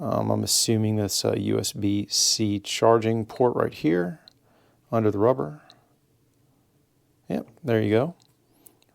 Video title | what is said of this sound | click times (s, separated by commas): Wurkkos TD05 Flashlight: Budget Tactician! | reasonably easy to get to and it snaps back into place pretty nicely | 8.7 s